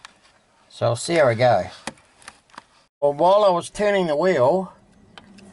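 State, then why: Released. A tool, used in place of the R-clip, pushes on the release point in the small hole of a boat steering helm to free the Morse-type steering cable's retainer from the helm unit. Someone talks, and faint small knocks are heard between 2.2 and 2.6 seconds. The retainer clicks free at 5.2 seconds, releasing the cable so it can be fed out.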